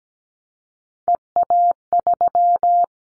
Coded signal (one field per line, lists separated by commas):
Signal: Morse code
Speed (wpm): 17 wpm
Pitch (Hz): 700 Hz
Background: none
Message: EA3